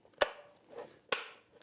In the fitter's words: and it locks in these two little latches on the bottom you hold it nicely